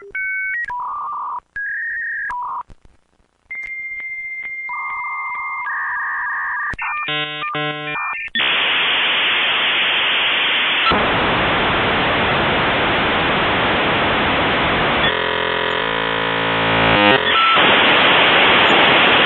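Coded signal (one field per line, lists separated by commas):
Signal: dial-up modem handshake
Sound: dial tone and touch-tone digits, answer tones, screeching warble, then loud steady hiss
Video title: 10 Minutes of Dial A Modem | Just Annoying Sounds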